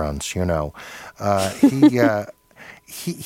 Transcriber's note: laughter